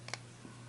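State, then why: Seated. A metal locking tool is reinserted into the body of a cam chain tensioner from a VFR800 VTEC after its spring has been wound four turns, to hold the plunger retracted. Two sharp clicks are heard at 0.1 s and 0.1 s (0.08 s and 0.14 s) as the tool locks into place, seating it.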